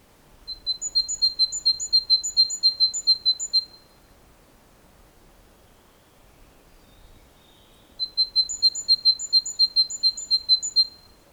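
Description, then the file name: Great tit calling in two bouts of rapid, high, alternating two-note calls, each about three seconds long, separated by a quiet gap. "Parus major"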